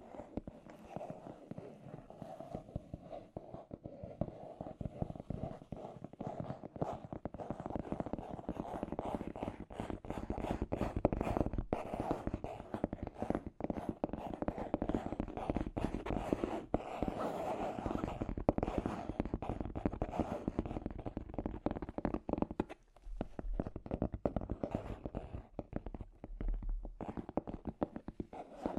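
Scratchy tapping runs almost without pause, a dense, fast stream of small dry clicks and scrapes with a mostly mid-range, papery tone. The loudness flickers constantly, briefly thins out around the 23-second mark, then picks back up to the end.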